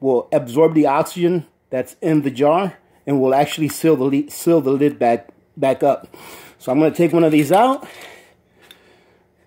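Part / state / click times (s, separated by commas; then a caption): jar lid on a vacuum-sealed storage jar / released / 8.7 s. Someone talks while opening a vacuum-sealed storage jar to take out an oxygen absorber, and the lid releases with a short, sharp pop at 8.7 s. The vacuum seal on the jar lid lets go.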